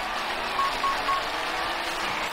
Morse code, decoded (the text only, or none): none